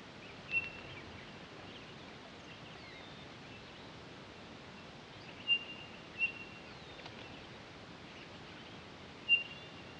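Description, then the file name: Townsend's solitaire: four clear, level whistled notes separated by long pauses, two of them close together, against quiet background hiss. Recorded 23 October 2011. "20111023 townsends-solitaire"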